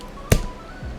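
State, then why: Seated. A plastic part of a die-cast robot figure is pushed onto plastic pegs in its slots and seats with a single sharp, satisfying click at 0.3 seconds. A faint steady background hum fills the rest of the clip.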